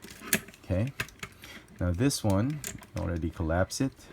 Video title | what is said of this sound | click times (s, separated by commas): Transformers Masterpiece MP 05 Megatron Takara Review | okay you need to do that all the way up you need to hear it click | 0.3 s